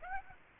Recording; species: mosquito wingbeat signal from an infrared sensor; Aedes aegypti